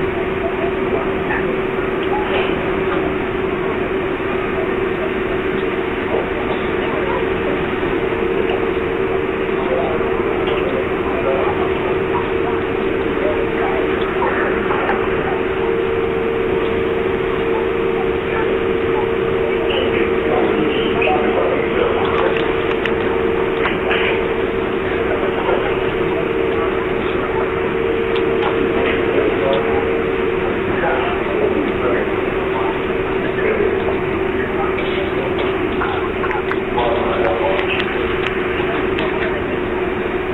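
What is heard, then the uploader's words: Aboard the Suomenlinna ferry, a constant low engine drone holds steady throughout, with a firm hum pitched just below the middle. Scattered voices and chatter rise and fall over it, with brief clinks and knocks popping up every few seconds. The Suomenlinna Ferry.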